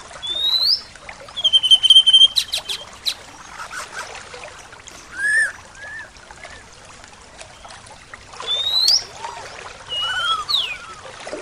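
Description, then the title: Bird singing scattered whistles, some high rising slurs and short sharp notes, with quiet gaps. "SuaraBurung Kicau"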